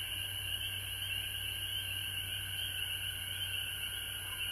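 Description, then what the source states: Frogs calling together in a constant high trill, accompanied by a low steady hum and a thin shrill band on top. Recorded at home in Georgia on March 19, 2020.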